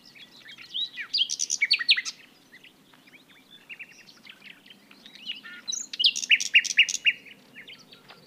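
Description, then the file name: Common nightingale song: two loud bursts of rapid, rich notes and fast repeated trills mixed with whistles, separated by a quieter phrase of scattered chirps; faint low background hum. "Luscinia megarhynchos"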